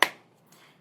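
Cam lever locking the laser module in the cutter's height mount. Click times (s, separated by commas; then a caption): 0.0 s. A cam lever is closed fully on the laser module mount of a portable laser cutter, giving a sharp snap at 0.0 s that quickly decays. A faint softer sound follows around 0.5 s. The lever locks the laser module at its set height.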